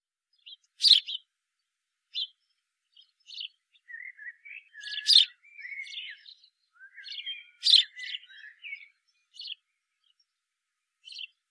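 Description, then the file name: House sparrow chirping: irregular harsh chirps, some loud and some soft, mixed with warbled, wavering twitter notes through the middle. "Passer domesticus"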